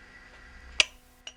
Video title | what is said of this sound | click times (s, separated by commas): C-Tech L119A2 Full Kt for the GBLS DAS | expander that clicks in place um and you've got a way of | 0.8 s